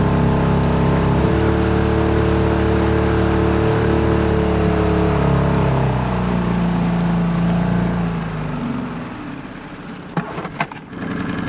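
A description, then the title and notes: A motor boat's engine drones at a steady, loud pitch, with a low hum and higher whining tones. After about eight seconds the engine note drops and fades as the boat slows, and a few sharp clicks or knocks come near ten seconds. PH - Motor Boat – Honda BF 5A by Phonophilist.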